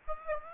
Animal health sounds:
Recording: mosquito wingbeat signal from an infrared sensor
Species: Aedes aegypti

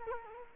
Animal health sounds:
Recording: mosquito wingbeat signal from an infrared sensor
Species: Culex quinquefasciatus

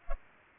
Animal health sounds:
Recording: mosquito wingbeat signal from an infrared sensor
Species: Culex pipiens

